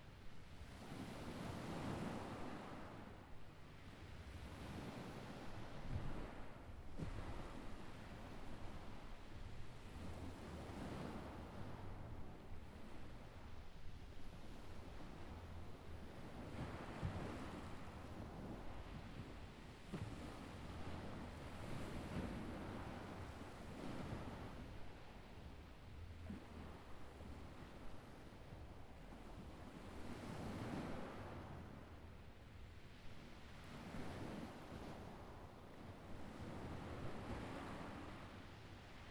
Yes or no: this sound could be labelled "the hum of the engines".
no